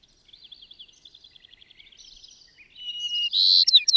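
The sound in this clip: Bird song: soft rapid twittering trills, then a thin whistle swelling into a loud buzzy note with sharp chirps at the end.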